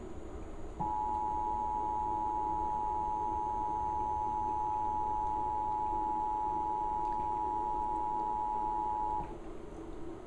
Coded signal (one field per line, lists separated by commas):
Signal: Emergency Alert System (SAME) tones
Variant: 853 and 960 Hz attention tone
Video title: EAS TORNADO WARNING ON TV PART1 INTERRUPTION